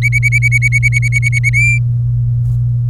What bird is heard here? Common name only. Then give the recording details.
Domestic Canary. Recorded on 24 April 2018 at 10:17. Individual llb3